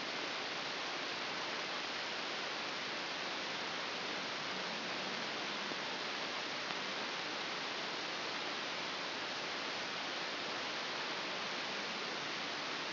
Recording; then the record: brain microelectrode recording played as sound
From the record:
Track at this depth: inside the subthalamic nucleus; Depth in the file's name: 6.109 mm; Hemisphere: left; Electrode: 2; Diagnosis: Parkinson's disease